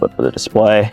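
A gray wiring harness is being plugged back by feel into the terminal under the flip display of an Acura MDX/RDX/TLX/ILX during an Apple CarPlay and Android Auto installation. Someone talks throughout the clip. The harness is still being handled, and nothing has seated or clicked yet.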